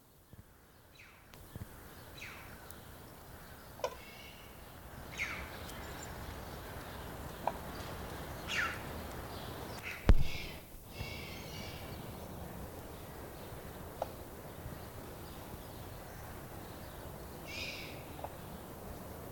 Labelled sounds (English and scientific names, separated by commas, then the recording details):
Brolga (Grus rubicunda) call
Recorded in captivity
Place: Zoo Berlin, Berlin, DE
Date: 1997-01-18 13:19
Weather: bedeckt, -1°C
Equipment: Nagra SN, Kopie Uher 4000 Report Monitor
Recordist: Tembrock, Günter